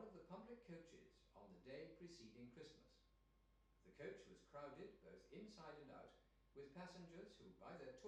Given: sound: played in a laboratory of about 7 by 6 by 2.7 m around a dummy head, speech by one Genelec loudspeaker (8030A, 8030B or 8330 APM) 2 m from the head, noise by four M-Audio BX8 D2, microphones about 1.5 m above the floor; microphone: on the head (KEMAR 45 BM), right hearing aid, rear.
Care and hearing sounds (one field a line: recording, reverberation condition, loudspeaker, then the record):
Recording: male speech in English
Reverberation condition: medium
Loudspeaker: 30 degrees to the left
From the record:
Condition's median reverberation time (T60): about 510 ms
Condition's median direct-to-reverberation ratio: about -0.5 dB